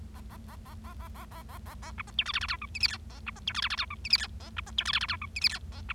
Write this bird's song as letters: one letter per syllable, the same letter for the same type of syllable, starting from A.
A A A A A A A A A A A B C D E F F G H I J K A B C D E F F G H I J K A B C D E F F G H I J K A B